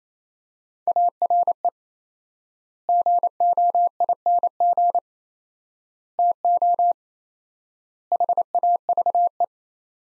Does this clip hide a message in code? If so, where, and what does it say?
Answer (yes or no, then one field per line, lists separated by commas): yes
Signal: Morse code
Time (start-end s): 0.9-9.4 s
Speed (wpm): 28 wpm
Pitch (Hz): 700 Hz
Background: none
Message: ARE GOING TO HAVE